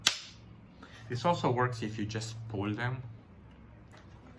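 The left-side latch of an Instax Wide instant film back on a vintage Polaroid 100B pack-film camera body is unlocked with a finger and releases with a sharp snap at 0.1 s. Someone then talks, and the latch is released.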